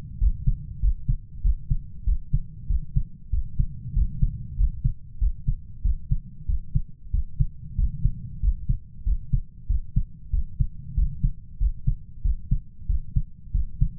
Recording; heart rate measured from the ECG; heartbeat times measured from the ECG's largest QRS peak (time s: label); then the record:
heart sounds by stethoscope; 95 bpm
0.21 s: heartbeat
0.83 s: heartbeat
1.44 s: heartbeat
2.07 s: heartbeat
2.70 s: heartbeat
3.33 s: heartbeat
3.96 s: heartbeat
4.59 s: heartbeat
5.21 s: heartbeat
5.85 s: heartbeat
6.49 s: heartbeat
7.14 s: heartbeat
7.78 s: heartbeat
8.43 s: heartbeat
9.07 s: heartbeat
9.70 s: heartbeat
10.33 s: heartbeat
10.97 s: heartbeat
11.61 s: heartbeat
12.25 s: heartbeat
12.89 s: heartbeat
13.55 s: heartbeat
From the record:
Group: healthy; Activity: rest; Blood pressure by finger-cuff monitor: 139/73 mmHg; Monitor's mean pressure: 93 mmHg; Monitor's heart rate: 95 bpm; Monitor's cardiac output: 8.3 L/min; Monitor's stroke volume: 87 mL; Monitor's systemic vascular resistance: 830 dyn s/cm5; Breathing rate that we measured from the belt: 17 breaths a minute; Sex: male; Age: 21 years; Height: 175 cm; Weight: 72.6 kg